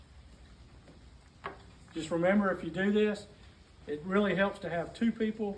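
A travel lock on the arm of a rolled-up ZipDee RV awning, just raised after a spring replacement, is set in place and engages with a single sharp click at 1.5 s. Someone talks afterward.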